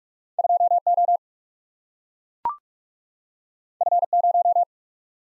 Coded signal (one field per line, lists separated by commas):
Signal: Morse code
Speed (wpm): 45 wpm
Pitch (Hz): 700 Hz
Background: none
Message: 2O F0